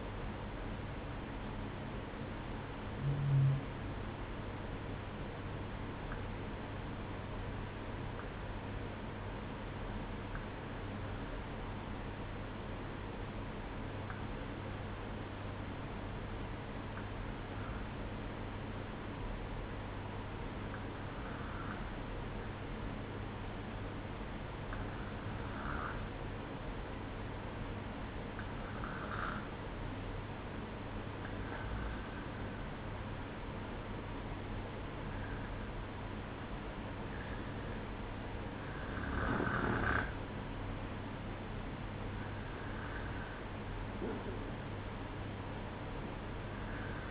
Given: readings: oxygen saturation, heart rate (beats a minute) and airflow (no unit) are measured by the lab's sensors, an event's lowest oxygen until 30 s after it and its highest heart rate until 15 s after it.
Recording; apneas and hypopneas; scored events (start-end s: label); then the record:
breathing in sleep by a voice recorder at the bedside; 1
6.00-32.50 s: hypopnea (N1, oxygen 95% highest, then 92% lowest, heart rate 59 at the start, 65 highest)
11.00-47.11 s: new sleep stage, N2 (light sleep)
From the record:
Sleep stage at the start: N1 (lightest sleep); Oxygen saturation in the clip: 92 to 95%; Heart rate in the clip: 59 to 65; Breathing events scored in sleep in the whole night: 305 in 9.6 hours asleep